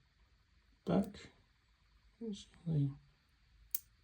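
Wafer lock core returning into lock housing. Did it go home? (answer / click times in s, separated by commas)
yes / 3.8 s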